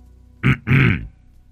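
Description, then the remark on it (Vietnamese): A deep, throaty cough in two bursts, a short one followed by a longer, rougher one, loud against a quiet background with no talking. “Cô chưa kịp tiến lại gần chồng mình thì đằng sau đã có tiếng ho vọng lại.”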